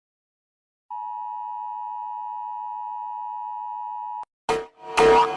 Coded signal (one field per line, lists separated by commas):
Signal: Emergency Alert System (SAME) tones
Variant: 853 and 960 Hz attention tone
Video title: Rating EAS Alarms